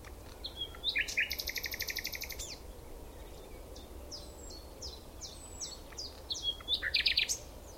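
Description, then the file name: Common nightingale song with a fast, evenly repeated rattle of dry notes for about a second and a half, then scattered high whistles and a closing burst of loud, sharp notes. "Luscinia megarhynchos"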